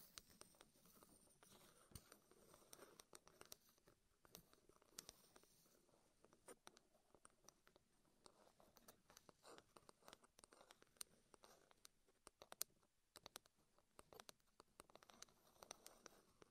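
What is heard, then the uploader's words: Wooden triggers give off a dense stream of sharp taps, clicks and knocks, fast and irregular across the whole 17 seconds. Each tap is short and crisp, spreading from low to bright. A soft rustling murmur stays underneath, with a few louder knocks standing out near the twelve-second mark. ASMR Wood Triggers in Your Ears (No Talking).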